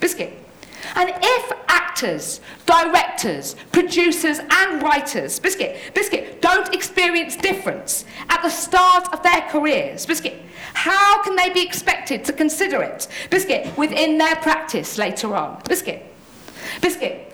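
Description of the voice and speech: A woman gives a fluent, well-paced talk. The word "biscuit" breaks in about eight times in 17 seconds, sometimes twice in a row, mid-sentence and unrelated to the topic. These are involuntary vocal tics of Tourette syndrome, a neurological condition that makes her produce movements and noises she can't control.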